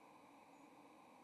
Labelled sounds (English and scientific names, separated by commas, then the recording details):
White-throated Sparrow (Zonotrichia albicollis) flight call
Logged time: 06:57 on 30 October 2014